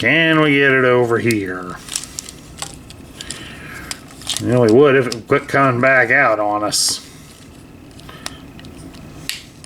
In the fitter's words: there it go now finally snapped into place